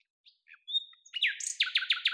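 Common nightingale song: a few sharp short notes, a level whistled note, then a fast series of loud repeated notes.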